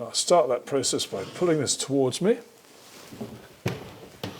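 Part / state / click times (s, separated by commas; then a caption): brass spring clips on a hinged machine frame / seated / 3.7 s, 4.2 s. Someone talks while pulling a hinged workshop frame carrying a CNC machine (an X-Carve) towards them so it swings upwards. Two homemade brass spring clips, one under each side, snap into position with sharp clicks at 3.7 s and 4.2 s. The clips have seated and hold the frame partly upright.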